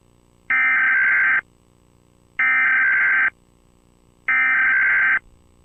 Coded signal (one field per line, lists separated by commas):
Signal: Emergency Alert System (SAME) tones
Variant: header bursts